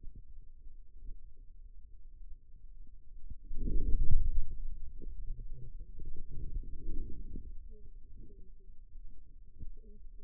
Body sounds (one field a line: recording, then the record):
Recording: forearm muscle sounds (acoustic myography)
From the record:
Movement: hand closing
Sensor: system 2, bracelet of six BSWA MPA416 microphones around the upper forearm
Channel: 6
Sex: male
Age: 22 years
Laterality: right